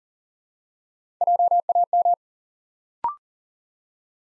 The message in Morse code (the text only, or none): JAM